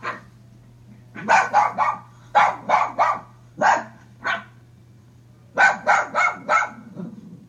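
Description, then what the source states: Small dog barking in quick bursts of three or four sharp yaps and a few single yaps, pausing between groups, over a low steady hum. Small lap-dog breed with silky coat, sometimes called Tibetan Lion Dog, from China or Tibet; loving companion; evidence of the breed dating back to 8000 BC.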